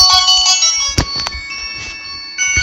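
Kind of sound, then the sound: signal or alarm, mobile phone ringing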